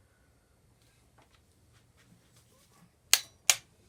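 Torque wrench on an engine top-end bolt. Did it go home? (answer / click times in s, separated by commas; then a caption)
yes / 3.1 s, 3.5 s. A torque wrench set to 34 Nm tightens a steel bolt on the top end of a Honda VF750F motorcycle engine, with faint, quiet ticks from the bolt itself early on. The wrench then gives two sharp, loud clicks at 3.1 s and 3.5 s, confirming the bolt has reached its set torque.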